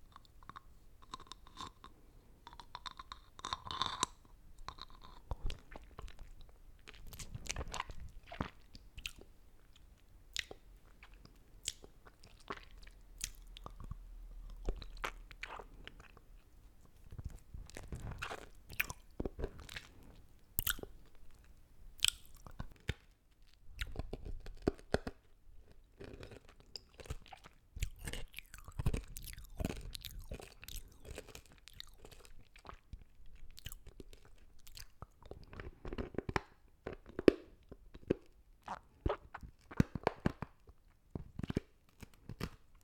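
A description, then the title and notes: Someone eats lollipop candy with irregular, sharp crunches and clicks spread throughout, often in quick clusters. Between bites come soft wet mouth noises and quieter pauses. A low steady rumble sits underneath, with a few brief tonal squeaks near the start. EATING SOUNDS LOLLIPOP CANDY.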